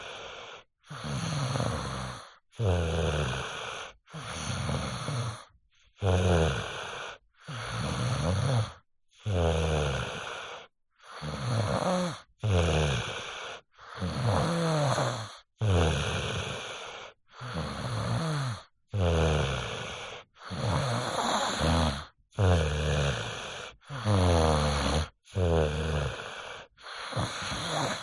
Human child snoring 5 yo male deep sleep.